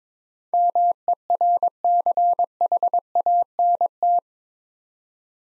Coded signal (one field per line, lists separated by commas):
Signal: Morse code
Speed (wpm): 22 wpm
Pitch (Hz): 700 Hz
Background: none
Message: MERCHANT